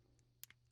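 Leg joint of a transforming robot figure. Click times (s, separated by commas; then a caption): 0.4 s. A leg section of a Takara MP30 Ratchet transforming robot figure is swiveled down until its leg joint clicks into place. A sharp, bright click is heard at 0.4 s, followed by a softer tick at 0.5 s over a low, steady hum. The leg part is seated.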